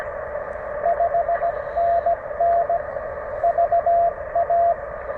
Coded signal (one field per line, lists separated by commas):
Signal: Morse code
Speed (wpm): 16 wpm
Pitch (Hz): 690 Hz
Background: radio noise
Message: 5NN VA